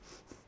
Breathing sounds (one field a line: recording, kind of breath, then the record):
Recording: one breath in and out by a microphone near the nose and mouth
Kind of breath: strong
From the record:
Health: marked as sick, illness not named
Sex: female